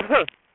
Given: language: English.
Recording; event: throat vibration sensor signal played as sound; cough